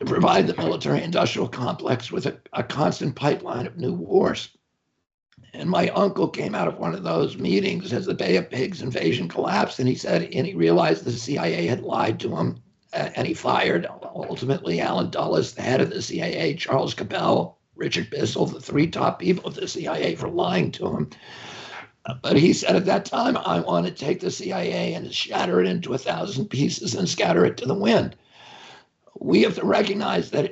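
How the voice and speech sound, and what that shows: An adult man speaks fluently at a steady pace, but his low-pitched voice is tight, strained and creaky throughout, with rough, choked breaks on vowels. This strained, effortful voicing is due to the spasmodic dysphonia he suffers from, a neurological voice disorder that causes involuntary spasms of the vocal cords.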